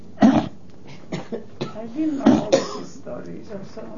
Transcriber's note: coughs